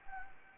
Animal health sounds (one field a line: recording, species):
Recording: mosquito wingbeat signal from an infrared sensor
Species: Anopheles gambiae